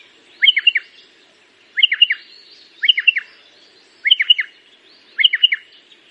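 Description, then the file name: Pardalote singing a short bright phrase of quick descending chips, given five times at steady intervals of just over a second. "canto do pardalote"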